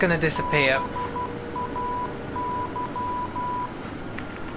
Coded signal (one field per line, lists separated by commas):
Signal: Morse code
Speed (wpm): 12 wpm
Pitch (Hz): 990 Hz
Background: speech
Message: BAY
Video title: P3d V4 full flight, Lufthansa A321, Frankfurt (EDDF), Hamburg (EDDH): pro ATC X